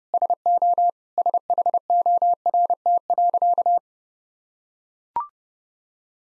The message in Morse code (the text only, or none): SO SHORT.